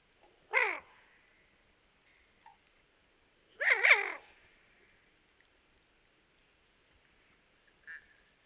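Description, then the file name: Barrow's goldeneye calls: two calls about three seconds apart, then a brief faint note. "Golosa ptic - Islandskij gogol Bucephala islandica"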